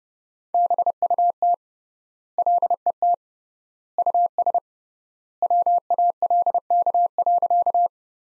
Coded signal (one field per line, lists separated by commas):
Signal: Morse code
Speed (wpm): 32 wpm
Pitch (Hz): 700 Hz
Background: none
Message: BUT LET US WALK.